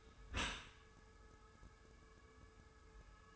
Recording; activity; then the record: daily activity, microphone in the room; close dishwasher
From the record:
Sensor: 2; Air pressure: 1014.8 hPa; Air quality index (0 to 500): 25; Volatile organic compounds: 0 ppm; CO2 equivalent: 502 ppm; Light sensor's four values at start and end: 10/23/9/10 and 10/23/9/10